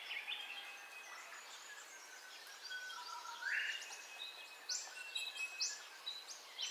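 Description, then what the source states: Several birds singing together, steady chattering and trilled notes with a loud rising whistle near the middle and sharp high chirps toward the end. Dawn ambience of birdcalls, recorded in stereo.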